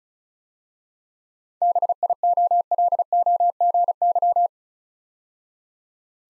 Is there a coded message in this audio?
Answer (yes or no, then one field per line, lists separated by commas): yes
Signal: Morse code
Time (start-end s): 1.6-4.5 s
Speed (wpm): 36 wpm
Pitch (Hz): 700 Hz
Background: none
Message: BIOLOGY